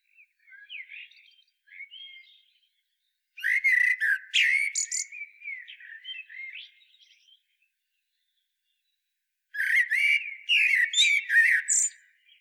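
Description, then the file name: Common blackbird: quiet warbled notes, then two strong phrases of fluty whistles ending in sharp, high twittering, with a pause of about two seconds between them. "Turdus merula"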